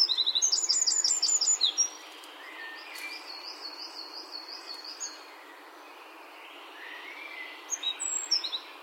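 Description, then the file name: Eurasian wren song: a quick burst of sharp, high repeated notes for about two seconds, followed by softer twittering and a brief phrase at the end. "Troglodytes troglodytes"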